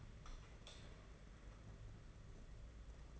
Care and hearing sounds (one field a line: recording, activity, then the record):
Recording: daily activity, microphone in the room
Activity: light on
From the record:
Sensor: 4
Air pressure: 992.7 hPa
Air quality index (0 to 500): 171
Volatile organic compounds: 272 ppm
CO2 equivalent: 4417 ppm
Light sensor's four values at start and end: 4/8/3/3 and 5/10/4/4